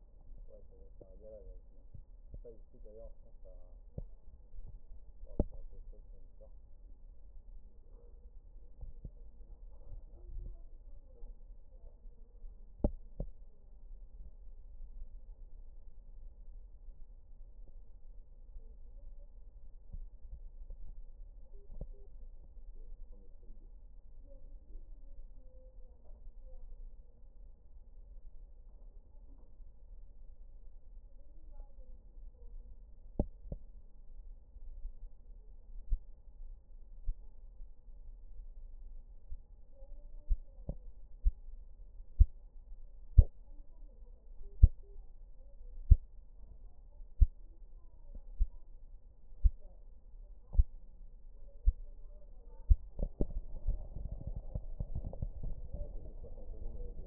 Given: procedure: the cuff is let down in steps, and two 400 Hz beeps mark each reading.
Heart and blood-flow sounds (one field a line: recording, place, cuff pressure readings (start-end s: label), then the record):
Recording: Korotkoff sounds by stethoscope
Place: brachial artery, at the lower edge of an arm cuff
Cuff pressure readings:
21.54-22.06 s: 135 mmHg
44.43-44.96 s: 125 mmHg
From the record:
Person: healthy adult, 24 to 32 years, lying on the back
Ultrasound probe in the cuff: distal